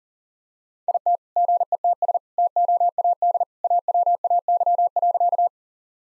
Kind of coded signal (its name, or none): Morse code